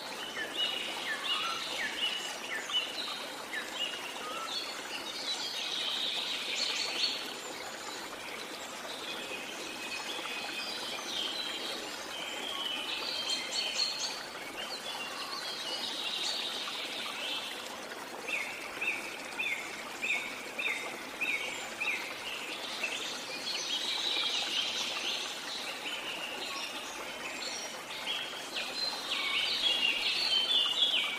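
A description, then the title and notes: Forest birds sing almost without pause over a soft, steady wash of water. Bright chirps and trills cluster in bursts, especially around 4–7 seconds and again from 15 to 27 seconds, while the flowing water stays even, low and constant underneath. Nature Sounds Sleep Calming Water Sound Forest Bird Song Waterfall. The calming water sounds of a gentle stream or waterfall. The melodic songs of forest birds.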